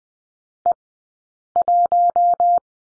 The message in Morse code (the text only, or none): E1